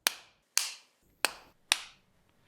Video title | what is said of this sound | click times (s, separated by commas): Realme Buds Air Neo - Super LOW LATENCY! [English Subtitles] | You get the same satisfying click in Realme Air Buds Neo which we are used to. | 0.1 s, 0.6 s, 1.2 s, 1.7 s